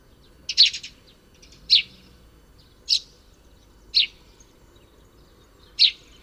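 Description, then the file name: Eurasian tree sparrow giving five short, bright chirps at irregular intervals, the first a quick double note, over a low steady background hum. "moineau friquet"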